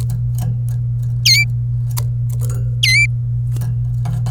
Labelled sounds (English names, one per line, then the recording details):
Domestic Canary song
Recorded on 26 April 2018 at 15:16
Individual llb3